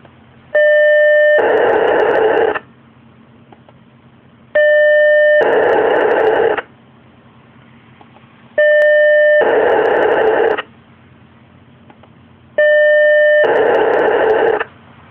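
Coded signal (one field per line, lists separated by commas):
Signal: POCSAG pager data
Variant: 1200 baud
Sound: 4 transmissions, each a one-second buzzing tone then a one-second harsh data hiss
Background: faint low hum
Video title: WaveWare 1200 Baud POCSAG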